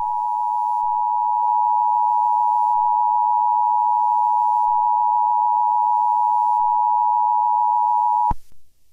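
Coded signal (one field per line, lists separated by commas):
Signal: Emergency Alert System (SAME) tones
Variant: 853 and 960 Hz attention tone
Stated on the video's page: Fictional EAS scenario, not real, made for fun.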